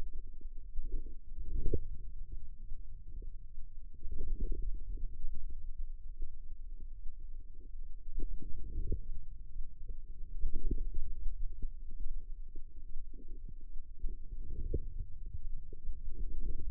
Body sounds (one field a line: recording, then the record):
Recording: forearm muscle sounds (acoustic myography)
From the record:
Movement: wrist flexion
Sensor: system 2, bracelet of six BSWA MPA416 microphones around the upper forearm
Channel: 6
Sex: female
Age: 25 years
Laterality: right